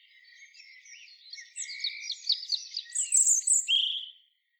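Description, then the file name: European robin delivering a single phrase that starts with soft thin notes, swells into bright rapid trills and high sliding whistles, then stops abruptly. "Erithacus rubecula"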